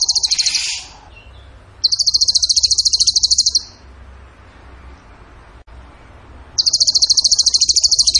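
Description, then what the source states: Bird delivering fast, high-pitched machine-gun trills, three bursts separated by quiet gaps. Masteran training recording, tembakan gacor song style.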